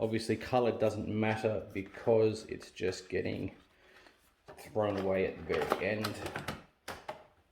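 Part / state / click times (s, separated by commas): vinyl roll into the roll feeder of a cutting machine / seated / 6.9 s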